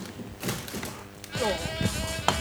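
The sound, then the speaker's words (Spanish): A goat bleats in a wavering, nasal cry that rises out of low background noise for about a second, followed by a short sharp thump at the end. “Y cuando le salude la cabra.”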